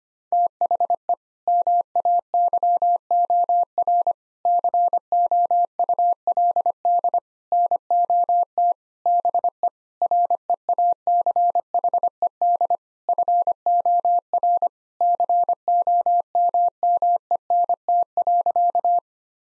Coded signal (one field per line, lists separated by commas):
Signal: Morse code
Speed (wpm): 25 wpm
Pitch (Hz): 700 Hz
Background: none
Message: THE MAYOR COULD NOT BE REACHED FOR COMMENT.